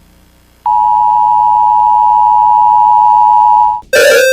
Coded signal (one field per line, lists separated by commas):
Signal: Emergency Alert System (SAME) tones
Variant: 853 and 960 Hz attention tone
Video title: Every Country Scary EAS Siren! (Part-1)